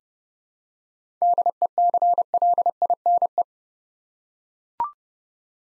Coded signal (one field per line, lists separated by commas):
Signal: Morse code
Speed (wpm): 31 wpm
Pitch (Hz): 700 Hz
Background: none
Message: DECLINE